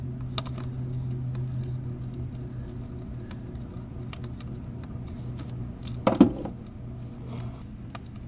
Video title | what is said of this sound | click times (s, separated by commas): Camshaft Position Sensor Replacement GM 3.8L Series 2 | make sure your retainer snaps into place make sure it's on there good | 0.4 s, 6.1 s